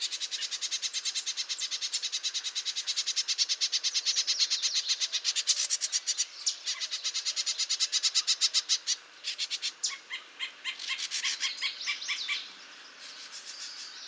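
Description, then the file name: Bell's vireo: a fast chatter of rapid repeated notes that breaks into uneven bursts before stopping near the end. "Bell's Vireo - Vireo bellii"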